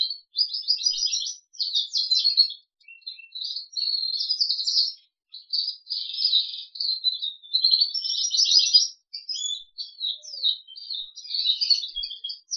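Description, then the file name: Crested canary singing a long, nearly continuous run of high rattling trills and chirps with only a few short breaks. "audio kenari jambul"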